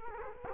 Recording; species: mosquito wingbeat signal from an infrared sensor; Culex quinquefasciatus